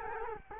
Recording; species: mosquito wingbeat signal from an infrared sensor; Culex quinquefasciatus